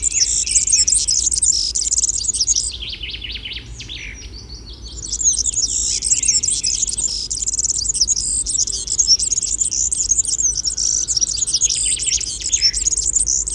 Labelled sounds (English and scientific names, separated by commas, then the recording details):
European Serin (Serinus serinus) song
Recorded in the wild
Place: Schorfheide, Brandenburg, DE
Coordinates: 52.907, 13.531
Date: 1989-07-08
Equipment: Nagra III BH, Sennheiser MD 21, parabola
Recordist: Schubert, Michael